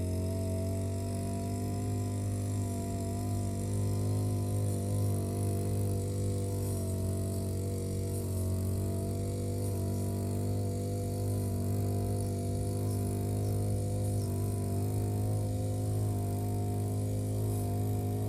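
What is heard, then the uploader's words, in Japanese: A grass trimmer runs steadily, its engine holding a constant droning whine with a strong low hum and a ladder of buzzing overtones. The level barely changes over the eighteen seconds, with faint rattling and slight pitch wobbles as it cuts. ひたすら草刈り機で草刈り。梅雨真っ只中、田植えを終えホッとするも、畑を見回れば今度は草達が元気いっぱい(･･;)。草刈り機でネギの列、そして畑まわりを刈っていきます。録音場所は固定なので、あっちへ行ったり、こっちへ行ったりがわかりますね。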